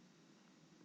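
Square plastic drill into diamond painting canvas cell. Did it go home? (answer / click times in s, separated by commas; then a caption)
no / none. A square plastic diamond painting drill is handled over a diamond painting canvas cell, about to be pressed in; square drills clip into the canvas, unlike round drills, which make no such sound. Only a steady low hum and faint handling noise are heard, with no talk. Nothing has seated or clicked yet.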